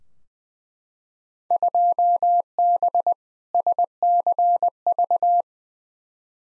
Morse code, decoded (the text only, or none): 2B SCV